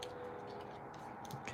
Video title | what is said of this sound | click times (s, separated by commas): January 15th, 2021 | it clicks into place | 0.0 s, 1.5 s